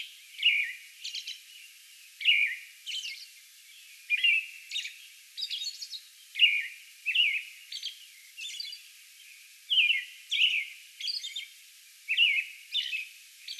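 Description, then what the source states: American robin singing rich, slurred whistled phrases in a steady cadence, with thin high notes between them. Song bout recorded May 11.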